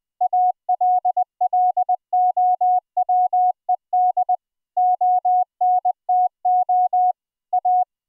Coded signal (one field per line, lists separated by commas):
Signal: Morse code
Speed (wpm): 20 wpm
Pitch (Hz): 730 Hz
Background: none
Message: ALLOWED ONTO A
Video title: Full Duplex CW MiDi Over iP QSO using Gstreamer on a Private ZeroTier network - Live DEMO